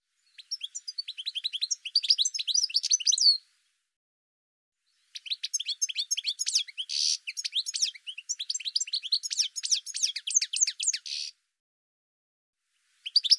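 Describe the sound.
Bird song, long phrases of rapid high chirps and trills with buzzy bursts, separated by silent gaps of about two seconds.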